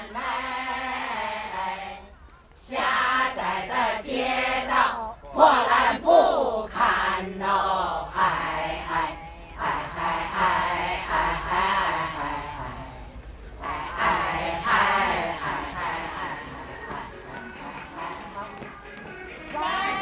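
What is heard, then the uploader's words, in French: Loud kung-fu cries and overlapping voices shout almost continuously, broken by brief pauses around two, five, nine and thirteen seconds. Ambiances dans un parc à Pékin (Beijing). Octobre 03. On entend les cris du kung-fu, les danses des jeunes et la gymnastique des anciens.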